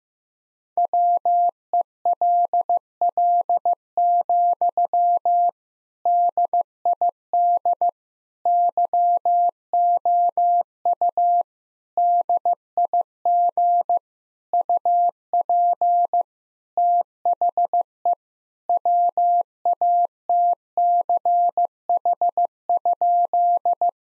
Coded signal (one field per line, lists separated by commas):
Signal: Morse code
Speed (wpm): 16 wpm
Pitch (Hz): 700 Hz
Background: none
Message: WELL, DID YOU DIG UP THE WATCH?